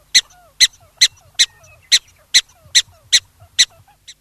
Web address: black-tailed prairie dog